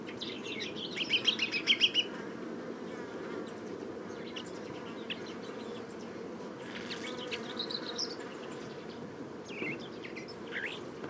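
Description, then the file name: Common chaffinch: a quick run of bright, high notes in the first two seconds, then scattered faint chirps over a steady low insect buzz. "Fringilla coelebs"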